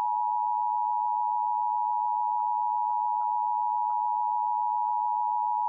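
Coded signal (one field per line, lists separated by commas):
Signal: Emergency Alert System (SAME) tones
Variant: 853 and 960 Hz attention tone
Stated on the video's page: Fictional EAS scenario said to contain valid EAS tones.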